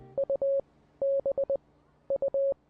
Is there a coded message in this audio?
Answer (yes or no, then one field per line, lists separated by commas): yes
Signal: Morse code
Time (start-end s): 0.2-2.5 s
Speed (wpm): 19 wpm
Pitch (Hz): 550 Hz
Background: none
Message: U B U